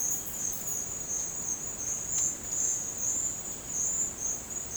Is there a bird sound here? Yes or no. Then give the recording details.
no. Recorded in dense forest near Puerto Asís, Putumayo, Colombia, on 22 December 2024 at 09:30. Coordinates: 0.466, -76.327. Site G075